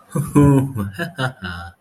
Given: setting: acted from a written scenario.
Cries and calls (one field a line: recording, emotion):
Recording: vocal sound without words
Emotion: contentment